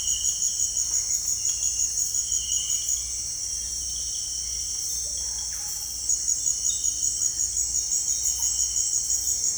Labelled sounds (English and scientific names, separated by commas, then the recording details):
none
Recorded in dense forest near Puerto Asís, Putumayo, Colombia, on 26 December 2024 at 18:00
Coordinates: 0.484, -76.325
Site G056